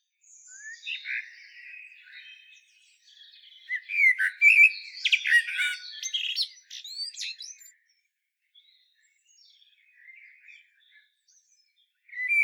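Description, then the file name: Common blackbird calls: soft squawky and chattering high notes building to a louder burst midway, then scattered faint chips and a final sharp call. "Turdus merula"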